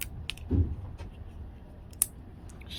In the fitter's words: then you just put the battery back in snaps